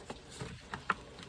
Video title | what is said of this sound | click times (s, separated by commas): Cyclone x F7 Installation Tutorial | then we'll take our hose and it just pops right into this opening right here underneath this padding | 0.9 s